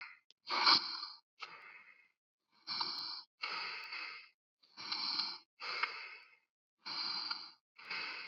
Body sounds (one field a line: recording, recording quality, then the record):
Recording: shallow breathing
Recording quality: excellent, no background noise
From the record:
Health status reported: healthy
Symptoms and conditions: cough, sore throat, hypertension, diabetes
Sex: male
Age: 59 years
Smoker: no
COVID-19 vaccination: both doses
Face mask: not worn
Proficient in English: yes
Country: India